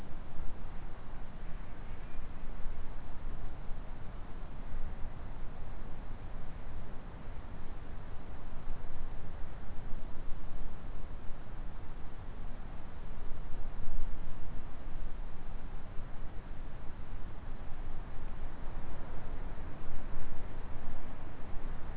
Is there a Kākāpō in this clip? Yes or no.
no